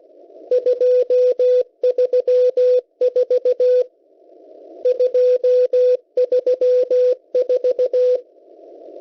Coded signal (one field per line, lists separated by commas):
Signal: Morse code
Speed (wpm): 16 wpm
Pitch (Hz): 500 Hz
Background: radio noise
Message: 234 234